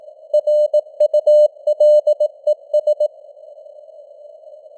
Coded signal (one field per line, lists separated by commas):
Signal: Morse code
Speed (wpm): 18 wpm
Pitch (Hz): 600 Hz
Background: none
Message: RULES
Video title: Morse Code News | 2026-01-21 | 18wpm